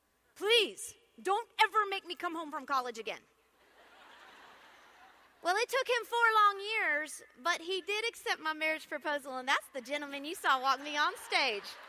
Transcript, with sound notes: Please don’t ever make me come home from college again!” (laughter) Well, it took him four long years, but he did accept my marriage proposal, and that’s the gentleman you saw walk me on stage.